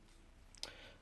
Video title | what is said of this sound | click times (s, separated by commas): Toolbox Tour | keep tension on it but this you just take Nia locks in place whose can come off again | 0.6 s